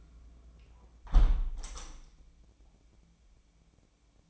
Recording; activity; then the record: daily activity, microphone in the room; close window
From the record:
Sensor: 1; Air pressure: 1012.4 hPa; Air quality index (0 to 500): 168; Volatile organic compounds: 3 ppm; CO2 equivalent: 1374 ppm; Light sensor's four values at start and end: 152/342/151/158 and 151/336/149/157